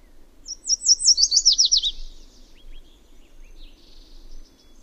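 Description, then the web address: Yellow warbler singing a rapid series of sweet, high, downward-slurred notes, followed by a few faint, soft, high chips and near silence. Common species of western North America. "Songs of Birds of North America Know Your Bird Sounds Common Western Species. Yellow Warbler"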